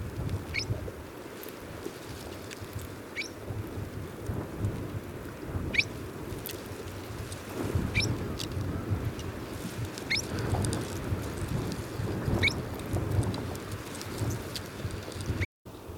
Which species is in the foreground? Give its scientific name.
Podoces hendersoni